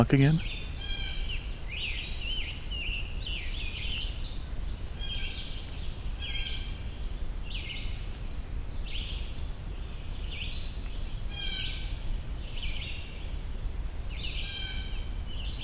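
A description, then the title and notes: Scarlet Tanagers and other songbirds sing almost continuously, their overlapping high, slurred phrases and chirps coming in bursts every second or so. A steady low rumble of wind or background noise runs underneath, with a brief thump at the very start. A Sore Sounding Song (Scarlet Tanager). As the hike to Hector Falls continues, Scarlet Tanagers and many other songbird species are encountered.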